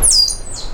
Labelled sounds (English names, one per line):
Stitchbird song